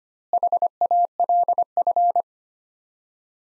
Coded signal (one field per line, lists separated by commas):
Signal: Morse code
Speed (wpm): 25 wpm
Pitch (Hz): 700 Hz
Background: none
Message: HALF